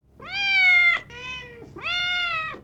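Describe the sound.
Cat meowing: a loud, drawn-out meow, a softer falling meow, then a third long meow, each with a rich harmonic tone.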